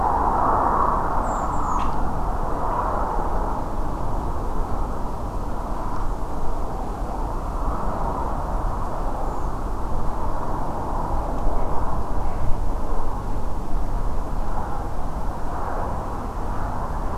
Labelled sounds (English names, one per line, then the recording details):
Redwing
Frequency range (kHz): Redwing 6.2-8.5 kHz
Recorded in France